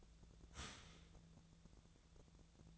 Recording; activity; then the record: daily activity, microphone in the room; start toaster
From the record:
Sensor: 3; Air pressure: 1000.2 hPa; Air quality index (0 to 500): 155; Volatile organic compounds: 3 ppm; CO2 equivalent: 1370 ppm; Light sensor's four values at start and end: 36/92/38/42 and 36/92/39/42